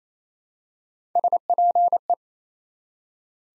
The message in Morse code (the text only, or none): SPE